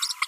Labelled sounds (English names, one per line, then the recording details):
Green-rumped Parrotlet babbling
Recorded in a nest box in Venezuela
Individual 18B25A3